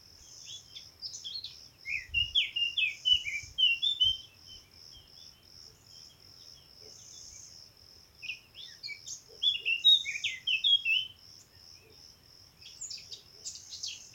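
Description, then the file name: Eurasian blackcap song: bursts of quick, varied warbled phrases separated by pauses, over a steady pulsing insect trill. "Sylvia atricapilla"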